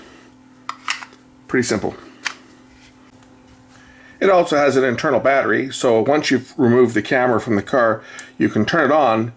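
An Auto Vox Aurora Dual 1080p + QHD dash camera with GPS is pulled off its window-mounted GPS bracket, where a magnet holds it against a metal plate, with a sharp clack at 0.7 s as it comes free. A few lighter handling knocks follow, then someone talks. The camera is released from the magnetic mount.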